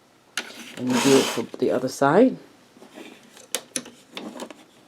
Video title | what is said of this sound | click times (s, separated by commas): DETAILED SCRAPROOM TOUR PART II | Snaps right in there. | 0.4 s